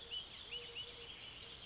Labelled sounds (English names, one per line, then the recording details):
Eurasian Collared Dove
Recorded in Sonoma County, California